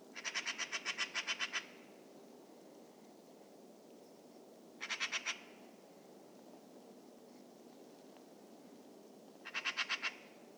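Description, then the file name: Eurasian magpie chattering: three harsh rattling bursts of fast clacking notes, the first the longest, spaced several seconds apart over a quiet steady background. "Pica pica"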